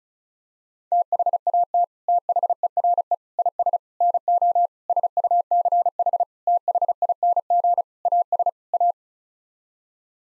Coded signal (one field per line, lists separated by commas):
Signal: Morse code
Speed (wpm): 34 wpm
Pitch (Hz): 700 Hz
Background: none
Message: THAT THERE IS NO SUCH THING AS A